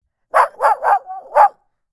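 Dog barking: four sharp, quick barks in just over a second, with a brief whining tone between the third and fourth, then silence.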